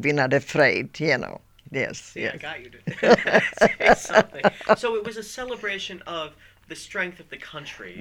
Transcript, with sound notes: We're not afraid, you know, yes, yes.
Well, I got you to sing something. (they laugh) So it was a celebration of the strength of the country...